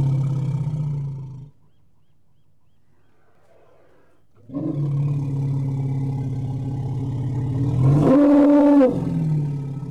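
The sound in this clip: Elephant sounds: a low steady rumbling growl, a pause, the rumble returns and swells into a brief loud trumpet blast before sinking back to a deep growl.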